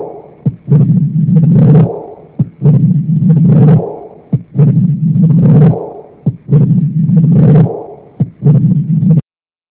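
Adult heart heard by stethoscope: a third heart sound with a systolic murmur.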